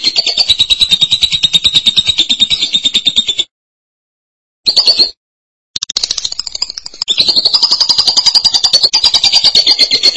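Lovebird trilling song: a long, rapid, high-pitched run, a brief burst after a pause, then another extended chattering trill.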